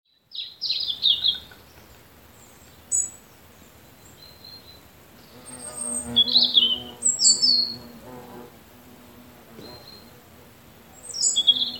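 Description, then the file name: European robin giving thin, high, tinkling phrases in short bursts with pauses between, over faint background noise. "Erithacus rubecula"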